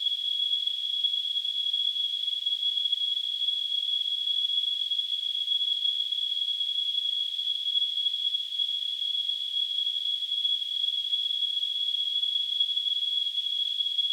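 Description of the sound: A steady, unbroken high-pitched whistle, around 3 kHz, runs the full 14 seconds over a thin hiss. It is a simulated tinnitus sound, imitating the constant ringing a person with tinnitus hears.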